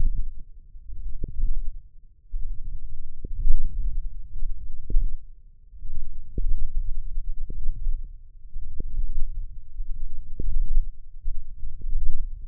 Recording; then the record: forearm muscle sounds (acoustic myography)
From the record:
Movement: radial deviation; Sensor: system 1, eight BSWA MPA416 microphones around the upper forearm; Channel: 5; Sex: female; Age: 21 years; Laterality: right